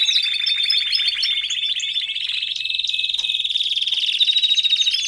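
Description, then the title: Domestic canary song: a steady, dense, rattling trill with thin high whistles laid over it; the pulsing grows stronger toward the end. Male Belgian canary singing a lot, for training and warming up young canaries. "Canario Belga. Macho Cantando Muito"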